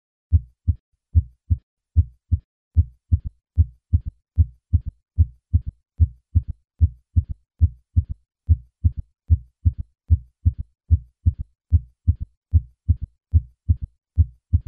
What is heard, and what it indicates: When a third heart sound occurs in patients over the age of 40, left ventricular failure should be suspected. Patients with an audible third heart sound usually have a decreased ejection fraction. In fact, a third heart sound may be the earliest clue to heart failure. The timing interval between the second and third syllable of Kentucky mimics the timing interval between the second and the third heart sound.